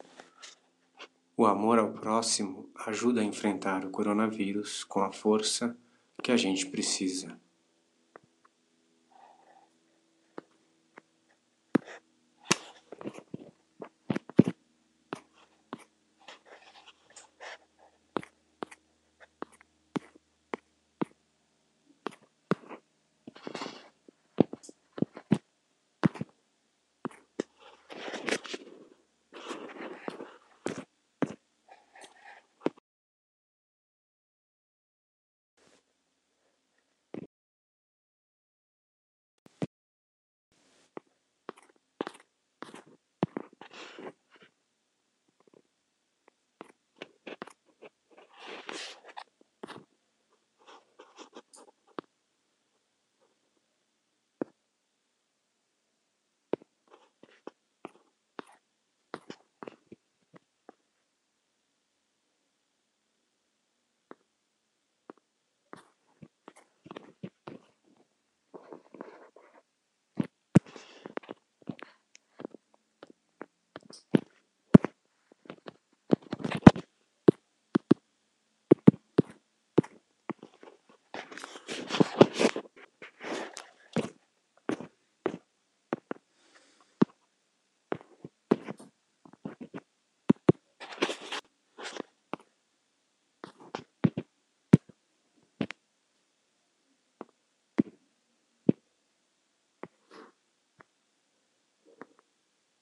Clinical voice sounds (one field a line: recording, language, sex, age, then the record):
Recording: spoken sentence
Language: Brazilian Portuguese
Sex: male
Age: 40 to 49 years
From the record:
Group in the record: control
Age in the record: 49 years